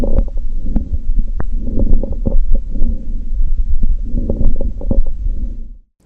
Crackles or rails are often heard in the lower portions of the lungs. This typically indicates that there is extra fluid or friction taking place in the lower portions of the lungs and is usually associated with pneumonia or pleural effusion.